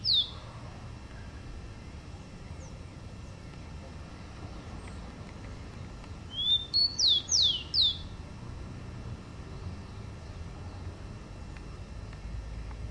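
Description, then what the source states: Rufous-collared sparrow giving a short high whistle, then after a pause a phrase of a rising whistle and a few sharply falling slurred notes, over steady background hiss. Chirping call (pio).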